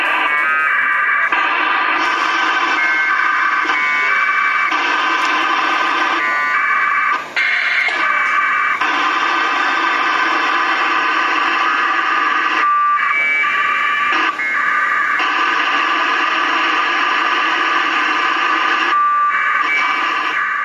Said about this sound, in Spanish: Con la ayuda de un GPS, un módem y un equipo de VHF, el APRS transmite en 144-800 megaciclos esto.